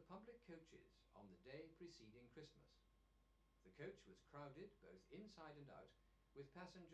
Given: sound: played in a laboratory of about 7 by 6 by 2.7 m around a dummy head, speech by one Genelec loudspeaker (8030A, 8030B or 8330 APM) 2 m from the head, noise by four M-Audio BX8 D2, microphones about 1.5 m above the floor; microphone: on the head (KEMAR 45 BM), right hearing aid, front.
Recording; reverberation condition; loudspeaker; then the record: male speech in English; low; 90 degrees to the left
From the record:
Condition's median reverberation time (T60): about 310 ms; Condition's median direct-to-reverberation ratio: about 3.5 dB